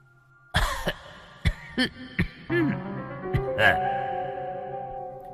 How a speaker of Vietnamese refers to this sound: Có tiếng ho hành khạch khẽ vang lên.